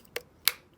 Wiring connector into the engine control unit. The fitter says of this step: until you hear it snap that is your ecu reinstated